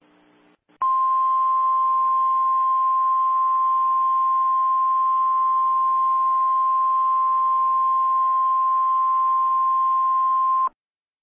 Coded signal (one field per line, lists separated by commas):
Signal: Emergency Alert System (SAME) tones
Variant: 1050 Hz attention tone